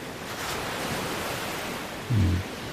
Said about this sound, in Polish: Morze Japońskie, tutaj słyszymy, to już nie jest Bałtyk.